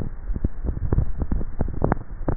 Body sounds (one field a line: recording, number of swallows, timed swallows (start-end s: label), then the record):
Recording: swallowing sounds by neck microphone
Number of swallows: 1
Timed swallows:
0.95-1.72 s: swallow
From the record:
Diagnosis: dysphagia